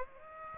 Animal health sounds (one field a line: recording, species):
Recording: mosquito wingbeat signal from an infrared sensor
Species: Aedes aegypti